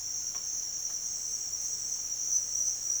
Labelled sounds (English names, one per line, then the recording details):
none
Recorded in dense forest near Puerto Asís, Putumayo, Colombia, on 9 March 2025 at 07:30
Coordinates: 0.481, -76.323
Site G088